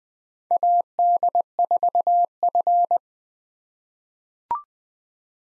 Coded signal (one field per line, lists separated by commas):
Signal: Morse code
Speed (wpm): 20 wpm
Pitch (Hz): 700 Hz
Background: none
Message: AD4F